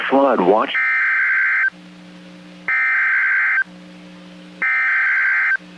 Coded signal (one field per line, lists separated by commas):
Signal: Emergency Alert System (SAME) tones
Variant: header bursts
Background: speech